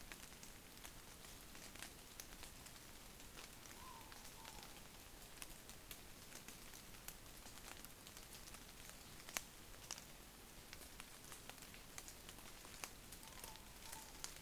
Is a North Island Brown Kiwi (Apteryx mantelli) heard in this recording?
no